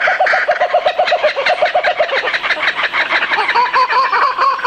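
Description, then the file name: Laughing kookaburra chuckling in quick bursts of repeated notes, the laughter climbing higher toward the end with other cackles layered over it. "waraikawasemi"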